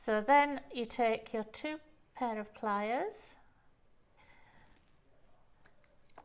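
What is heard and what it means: Someone talks while two pairs of pliers are picked up and positioned on two pieces of metal jewellery chain held together by wire loops, ready for the chain to be gently pulled until the join clicks. After the talking, only quiet handling follows, with a few faint ticks near the end. Nothing has seated or clicked yet; the wire-loop chain join is still only being handled.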